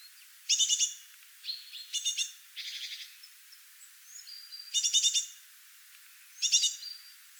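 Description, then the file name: Eurasian blue tit calls: short bursts of high, buzzy, stuttering notes, a few thin whistled notes between them, the bursts spaced irregularly throughout. "Cyanistes caeruleus"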